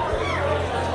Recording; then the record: background sound without coughing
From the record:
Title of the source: CITY SOUNDS Busy Bar in the Evening Night - 2 HOURS of Ambiance for Relaxation